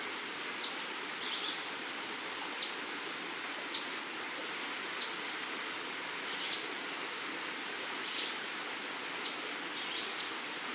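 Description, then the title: Half-collared sparrow calls as thin, very high slurred whistles in three brief bursts, over a steady hiss of background noise with faint lower notes. "LuckyPassaro Completos2Sama. Half-collared Sparrow (Arremon semitorquatus)"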